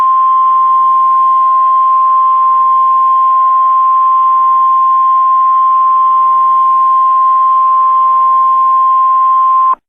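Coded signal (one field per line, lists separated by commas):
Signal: Emergency Alert System (SAME) tones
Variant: 1050 Hz attention tone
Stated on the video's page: EAS test interrupting a livestream.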